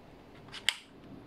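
A magazine is pushed into the magazine well of a G&G Armament MGCR 556 airsoft gas blowback rifle on a second attempt. A faint scrape comes around 0.5 s, then a sharp, bright click at 0.7 s. The magazine seats and locks in place.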